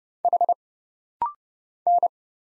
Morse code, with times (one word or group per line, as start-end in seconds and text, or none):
0.2-0.5 H
1.9-2.1 N